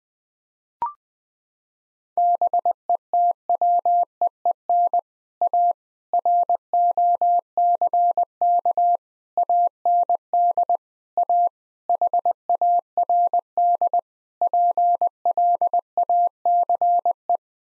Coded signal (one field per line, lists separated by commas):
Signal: Morse code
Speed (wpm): 20 wpm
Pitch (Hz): 700 Hz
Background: none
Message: BETWEEN A ROCK AND A HARD PLACE